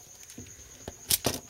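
The back end of a plastic DOTM Deluxe Class Topspin toy car is split apart, and because it sits on weak ball joints it pops off. Faint handling rustles lead into a sharp pop at 1.1 s, followed by a second, softer crack of plastic at about 1.3 s. The back section comes free of its ball joint.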